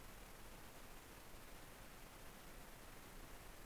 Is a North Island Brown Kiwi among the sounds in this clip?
no